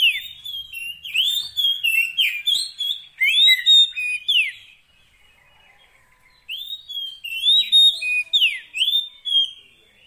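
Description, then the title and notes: Oriental magpie-robin, fast run of rich whistled and chirping notes, a short hush, then another lively burst of song. Kacer fill-in tutor song of long duration, meant to get the bird singing heavily day and night. "Kacer Jadi Gacor Siang Malam. Isian Kacer Durasi Panjang"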